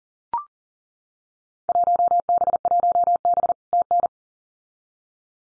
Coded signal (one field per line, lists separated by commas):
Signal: Morse code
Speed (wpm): 42 wpm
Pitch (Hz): 700 Hz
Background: none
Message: 1B1B TN